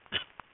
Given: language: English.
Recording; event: throat vibration sensor signal played as sound; cough